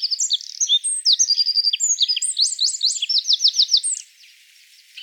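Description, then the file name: Eurasian wren delivering a loud, rapid, continuous stream of sharp, very high notes and trills for about four seconds, then quiet. "Troglodytes troglodytes"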